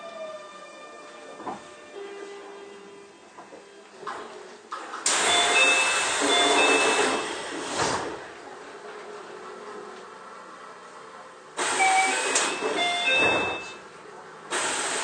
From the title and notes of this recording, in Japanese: 京王9000系 高尾山口〜つつじヶ丘。快速つつじヶ丘行を録音。